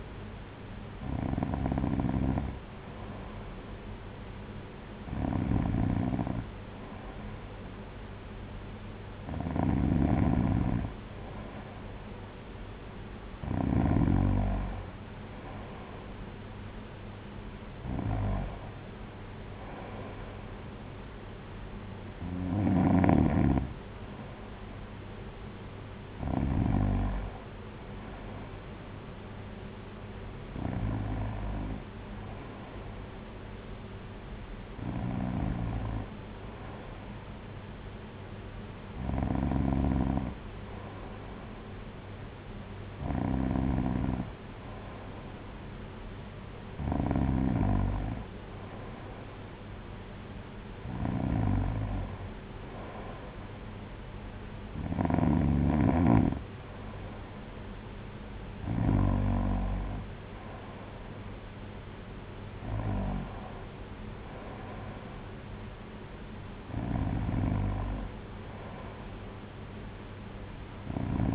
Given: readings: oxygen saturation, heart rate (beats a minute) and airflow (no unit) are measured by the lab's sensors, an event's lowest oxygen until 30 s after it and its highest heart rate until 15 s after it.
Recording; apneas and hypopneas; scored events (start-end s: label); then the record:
breathing in sleep by a voice recorder at the bedside; none
17.00-71.35 s: new sleep stage, N2 (light sleep)
From the record:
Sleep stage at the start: N1 (lightest sleep); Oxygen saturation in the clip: 93 to 94%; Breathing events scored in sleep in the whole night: 226 in 8.8 hours asleep